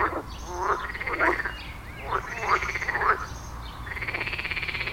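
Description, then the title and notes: Frogs croaking, several short rasping calls and a longer rolling croak near the end, uneven rhythm. Frog chorus at the village pond in Wohlsborn, Germany; recorded with a TASCAM DR-40X. "Wohlsborn, Deutschland - Froschkonzert. Frog concert. Froschkonzert am Dorfteich in Wohlsborn"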